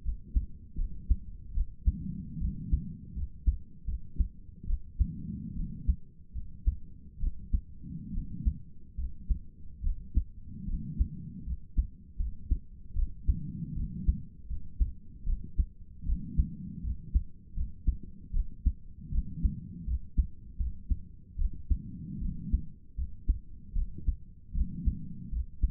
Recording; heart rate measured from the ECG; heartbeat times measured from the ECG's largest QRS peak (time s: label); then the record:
heart sounds by stethoscope; 76 bpm
0.04 s: heartbeat
0.77 s: heartbeat
1.54 s: heartbeat
2.40 s: heartbeat
3.15 s: heartbeat
3.86 s: heartbeat
4.66 s: heartbeat
5.55 s: heartbeat
6.34 s: heartbeat
7.20 s: heartbeat
8.13 s: heartbeat
8.97 s: heartbeat
9.83 s: heartbeat
10.66 s: heartbeat
11.45 s: heartbeat
12.18 s: heartbeat
12.95 s: heartbeat
13.75 s: heartbeat
14.48 s: heartbeat
15.25 s: heartbeat
16.05 s: heartbeat
16.83 s: heartbeat
17.55 s: heartbeat
18.33 s: heartbeat
19.11 s: heartbeat
19.86 s: heartbeat
20.58 s: heartbeat
21.37 s: heartbeat
22.20 s: heartbeat
22.96 s: heartbeat
23.74 s: heartbeat
24.54 s: heartbeat
25.31 s: heartbeat
From the record:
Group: healthy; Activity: cold pressor test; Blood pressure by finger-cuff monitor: 73/48 mmHg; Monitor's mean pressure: 58 mmHg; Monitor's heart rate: 77 bpm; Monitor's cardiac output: 6.3 L/min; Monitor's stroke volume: 82 mL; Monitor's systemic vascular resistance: 630 dyn s/cm5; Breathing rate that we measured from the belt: 21 breaths a minute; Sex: female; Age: 22 years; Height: 163 cm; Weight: 67.1 kg